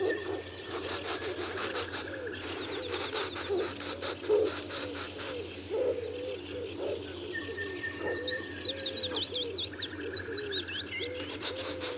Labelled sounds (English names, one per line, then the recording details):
Common Cuckoo call
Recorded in the wild
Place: Blankensee, Mecklenburg-Vorpommern, DE
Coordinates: 53.404, 13.221
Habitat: Lake
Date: 1982-05-26 05:30
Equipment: Nagra III BH, Sennheiser MD 21, parabola
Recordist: Schubert, Michael
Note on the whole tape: Zwei Kuckucke streiten sich und fauchen